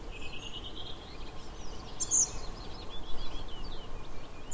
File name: Koshlar tavyshy - Sory chebenche kosh Muscicapa striata